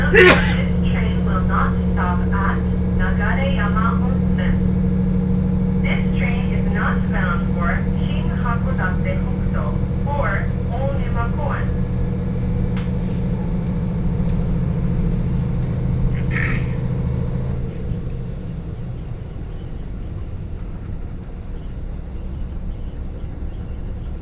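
Train ride on the Hakodate Main Line: a steady low engine hum with speech in the first twelve seconds, easing quieter after eighteen seconds.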